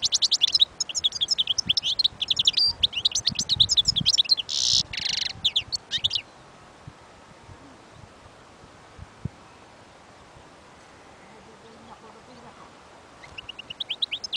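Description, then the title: European goldfinch song: rapid liquid twittering with buzzy, nasal notes for about six seconds, then a long quiet stretch before a short burst of twitter returns at the end. Wild bird. "اجمل غناءالحسون الخلويchant chardonneret sauvage collection"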